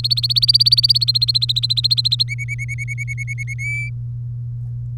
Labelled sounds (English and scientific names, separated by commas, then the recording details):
Domestic Canary (Serinus canaria) song
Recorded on 3 May 2018 at 14:34
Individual llb3